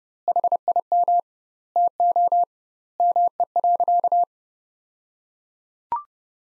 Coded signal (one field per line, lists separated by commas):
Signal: Morse code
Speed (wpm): 30 wpm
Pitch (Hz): 700 Hz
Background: none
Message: HIM TO ME.